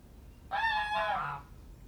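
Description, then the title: Domestic goose giving a single loud, nasal honk lasting about a second, against a quiet background. Domestic geese on waking in a farmyard, Mentque-Nortbécourt, Pas de Calais, France, 28 February 2022 at 07:23, late winter, very fine sunny morning; recorded with ORTF and spaced microphones. "Oies Domestiques 63 Rue Wattre, Mentque-Nortbécourt, France"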